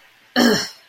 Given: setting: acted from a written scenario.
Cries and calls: vocal sound without words; anger

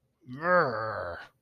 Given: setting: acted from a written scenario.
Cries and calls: vocal sound without words; anger

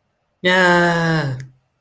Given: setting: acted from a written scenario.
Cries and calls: vocal sound without words; triumph

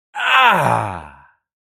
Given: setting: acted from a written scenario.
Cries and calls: vocal sound without words; pain

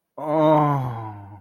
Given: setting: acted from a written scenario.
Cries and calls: vocal sound without words; ecstasy

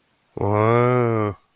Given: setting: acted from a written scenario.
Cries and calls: vocal sound without words; awe

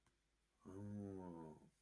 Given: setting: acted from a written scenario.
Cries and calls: vocal sound without words; awe

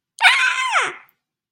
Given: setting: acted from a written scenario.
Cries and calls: vocal sound without words; negative surprise

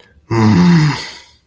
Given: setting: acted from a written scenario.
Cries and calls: vocal sound without words; anger

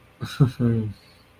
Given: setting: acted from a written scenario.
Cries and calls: vocal sound without words; embarrassment

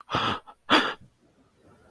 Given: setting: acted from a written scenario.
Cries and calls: vocal sound without words; negative surprise

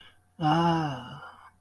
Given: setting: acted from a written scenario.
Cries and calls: vocal sound without words; ecstasy

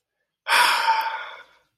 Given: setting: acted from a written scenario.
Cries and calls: vocal sound without words; romantic love

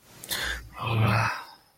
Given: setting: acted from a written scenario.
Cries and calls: vocal sound without words; anger

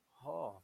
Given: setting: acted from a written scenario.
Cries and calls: vocal sound without words; contentment

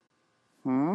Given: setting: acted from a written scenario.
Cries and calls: vocal sound without words; confusion

